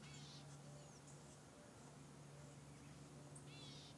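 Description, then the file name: Birds calling: a short buzzy chattering burst near the start and again near the end, with a thin whistled note between, over a steady low hum. Valley ambience with many birds. "Ambiente no vale com muitos passaros"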